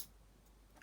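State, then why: Seated. A deep hook pick is popped into a rigid British police handcuff to engage its double-lock bar. Faint low background noise runs under a few soft ticks until a short, sharp click at 0.8 s, right at the end. The double lock is confirmed engaged.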